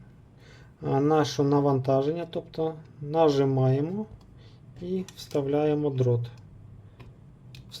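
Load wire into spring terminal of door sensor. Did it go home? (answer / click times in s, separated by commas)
yes / 7.5 s, 7.8 s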